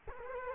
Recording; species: mosquito wingbeat signal from an infrared sensor; Culex quinquefasciatus